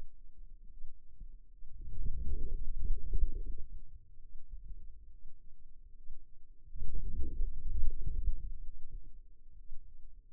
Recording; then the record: forearm muscle sounds (acoustic myography)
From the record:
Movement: outward rotation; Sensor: system 2, bracelet of six BSWA MPA416 microphones around the upper forearm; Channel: 5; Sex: male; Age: 22 years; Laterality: right